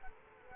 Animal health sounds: mosquito wingbeat signal from an infrared sensor; Culex quinquefasciatus

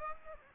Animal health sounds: mosquito wingbeat signal from an infrared sensor; Aedes aegypti

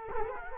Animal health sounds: mosquito wingbeat signal from an infrared sensor; Culex quinquefasciatus

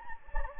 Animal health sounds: mosquito wingbeat signal from an infrared sensor; Anopheles gambiae

